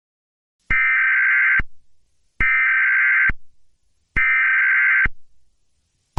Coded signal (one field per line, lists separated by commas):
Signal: Emergency Alert System (SAME) tones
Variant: header bursts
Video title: EAS Scenario - Voyager